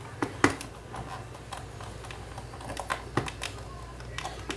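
The two plastic halves of a children's LeapFrog 2-in-1 LeapTop Touch Tablet case are pressed together by hand while closing it up, with scattered small plastic clicks and light handling noise. The side clips snap into place at 0.2, 0.4 and 3.2 seconds, and the case is clipped shut.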